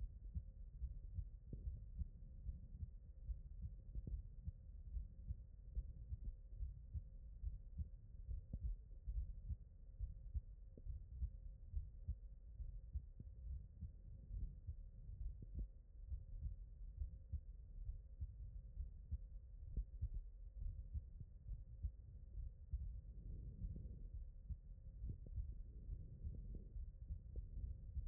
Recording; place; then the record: heart sounds by stethoscope; aortic valve (AV)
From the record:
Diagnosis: HFrEF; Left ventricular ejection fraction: 37%